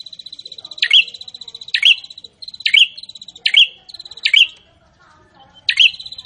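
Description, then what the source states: Prinia song: a fast ticking buzz broken by loud, sharp high notes roughly every second, with a brief pause near the end. Prinia singing actively (gacor).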